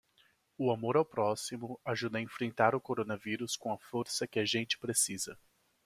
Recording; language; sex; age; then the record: spoken sentence; Brazilian Portuguese; male; 30 to 39 years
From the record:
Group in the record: control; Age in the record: 34 years